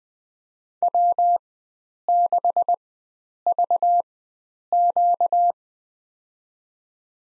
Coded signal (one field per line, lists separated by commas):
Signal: Morse code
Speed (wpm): 20 wpm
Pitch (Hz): 700 Hz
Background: none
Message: W6VQ